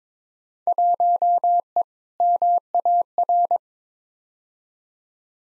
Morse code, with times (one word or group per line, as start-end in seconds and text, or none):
0.7-1.8 1E
2.2-3.6 MAR